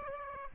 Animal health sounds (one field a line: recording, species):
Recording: mosquito wingbeat signal from an infrared sensor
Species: Aedes aegypti